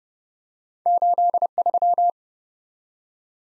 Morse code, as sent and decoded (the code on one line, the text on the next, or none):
---.. ...--
83